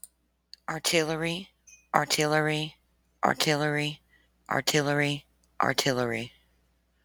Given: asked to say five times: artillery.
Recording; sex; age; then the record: repeated word; female; 40 to 49 years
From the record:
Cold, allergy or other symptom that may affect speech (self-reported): no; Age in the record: 42 years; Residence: Tennessee, United States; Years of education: 12